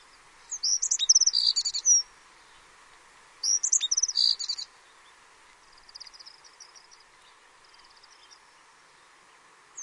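Brown Accentor giving high, rapid twittering phrases over a second long, two loud bursts three seconds apart, then fainter twitters, over a steady insect-like hum.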